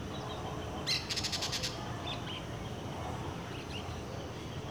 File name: Ambiencia residencial goiania em fim de tarde com passaros, cachorros e grilos, no final fica mais silencioso